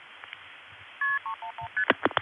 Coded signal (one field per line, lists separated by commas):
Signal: multi-frequency trunk signalling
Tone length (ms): 100 ms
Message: KP311ST